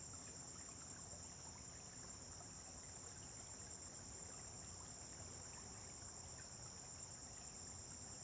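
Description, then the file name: Crickets keep up a constant high trill without pause, with a light background hiss and faint low rumble. Dawn on a farm, crickets with vehicles passing on a distant road. "Amanhecer na fazenda com grilos veiculos passando em estrada longe"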